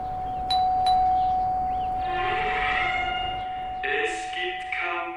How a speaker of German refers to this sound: Und hier die Klingel hat sich im Prinzip seit den letzten 40 Jahren nicht geändert. Wir können ja vielleicht noch mal ein letztes Mal klingeln.